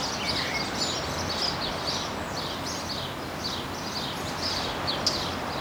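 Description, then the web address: Birds singing, several chirping and twittering calls repeated through a steady background hiss. Birds singing in a seaside park. "مجموعه افکت صدا حیوانات SES Animals SFX Singing Birds in Seaside Park"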